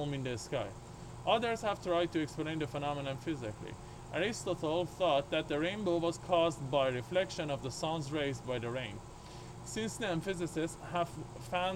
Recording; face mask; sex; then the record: reading aloud; surgical mask; male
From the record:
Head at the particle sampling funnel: tilted up or above it, chin in front of it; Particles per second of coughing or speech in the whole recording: 0.124